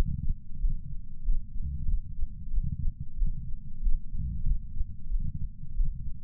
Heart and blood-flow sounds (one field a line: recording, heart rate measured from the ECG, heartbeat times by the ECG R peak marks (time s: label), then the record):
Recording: heart sounds by patch sensor on the chest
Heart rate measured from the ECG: 93 bpm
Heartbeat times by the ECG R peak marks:
0.59 s: heartbeat
1.23 s: heartbeat
1.86 s: heartbeat
2.51 s: heartbeat
3.16 s: heartbeat
3.80 s: heartbeat
4.44 s: heartbeat
5.09 s: heartbeat
5.74 s: heartbeat
From the record:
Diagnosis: coronary artery disease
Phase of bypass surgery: postoperative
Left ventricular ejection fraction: 63.7%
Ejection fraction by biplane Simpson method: 59.4%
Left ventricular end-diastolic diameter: 49 mm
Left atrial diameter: 35 mm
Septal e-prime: 7.3 cm/s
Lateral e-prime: 9.8 cm/s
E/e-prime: 7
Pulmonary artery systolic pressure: 20 mmHg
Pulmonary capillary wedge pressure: 4 mmHg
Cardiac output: 5.4 L/min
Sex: male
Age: 69 years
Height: 174 cm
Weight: 79 kg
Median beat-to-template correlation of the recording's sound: 0.69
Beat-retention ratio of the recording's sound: 1.00